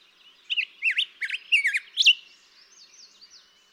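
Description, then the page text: Black-headed grosbeak song: a short, lively phrase of about five rich, slurred whistled notes rising and falling, followed by fainter warbling and quiet background. Daytime singing, second example; May 17, 2016, Mt. Graham, Arizona. "Birdsong for the Curious Naturalist. Black-headed grosbeak"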